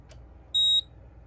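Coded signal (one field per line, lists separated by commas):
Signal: beep code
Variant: fire alarm panel trouble sounder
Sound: a single short high-pitched piezo beep in a quiet room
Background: quiet room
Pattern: 1 short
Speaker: the panel should fall into a trouble here in just a second there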